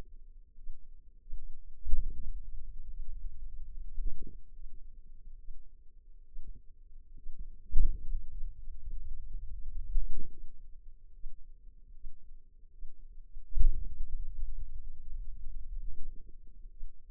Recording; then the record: forearm muscle sounds (acoustic myography)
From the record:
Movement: finger pinch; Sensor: system 2, bracelet of six BSWA MPA416 microphones around the upper forearm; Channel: 1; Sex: female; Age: 25 years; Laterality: right